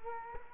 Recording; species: mosquito wingbeat signal from an infrared sensor; Culex quinquefasciatus